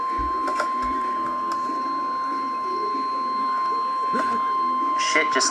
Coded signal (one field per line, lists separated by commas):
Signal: Emergency Alert System (SAME) tones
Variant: 1050 Hz attention tone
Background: speech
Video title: Severe Thunderstorm Warning EAS #48